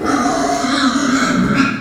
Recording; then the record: squeal of a Yucatan mini pig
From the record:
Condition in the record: after surgery on the right vocal fold (resection and tissue-engineered implant); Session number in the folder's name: 6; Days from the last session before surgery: 40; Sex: female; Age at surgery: 19 weeks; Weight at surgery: 25 kg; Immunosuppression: prednisolone